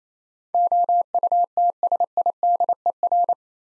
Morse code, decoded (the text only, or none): OUTSIDER